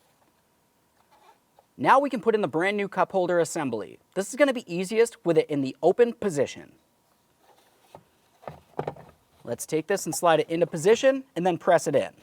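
A new plastic cup holder assembly for a 2004-2015 Nissan Titan, set in the open position, is handled and lined up with the center console before being slid in and pressed into place. Someone talks, with brief handling knocks and taps around 8.0 to 8.9 seconds. Nothing has seated or clicked yet.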